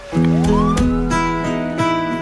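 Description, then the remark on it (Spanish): A siren-like wail sweeps upward in pitch and holds, layered over sustained musical chords and periodic loud drum hits that open a song. “Empieza con una sirena así horrible, ¿no?”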